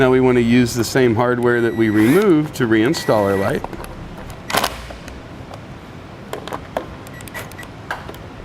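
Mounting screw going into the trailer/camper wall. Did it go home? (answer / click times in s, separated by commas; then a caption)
no / none. Someone talks, then the original screw is driven back in to reinstall an Optronics dual bulb clearance and side marker light on the camper wall, with short sharp taps and scrapes from about 6.3 s to 8.5 s. The screw fails to tighten and spins in its stripped-out hole, so nothing has seated yet, and it is to be replaced with a slightly larger #12 self-tapping screw.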